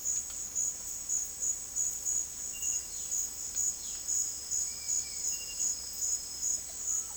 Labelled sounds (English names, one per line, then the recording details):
Yellow-crowned Tyrannulet
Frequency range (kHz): Yellow-crowned Tyrannulet 1.8-2.8 kHz
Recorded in dense forest near Puerto Asís, Putumayo, Colombia, on 18 February 2024 at 17:00
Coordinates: 0.481, -76.318
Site G6421